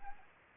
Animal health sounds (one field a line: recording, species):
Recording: mosquito wingbeat signal from an infrared sensor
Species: Anopheles gambiae